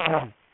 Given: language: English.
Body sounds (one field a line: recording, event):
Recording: throat vibration sensor signal played as sound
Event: throat clearing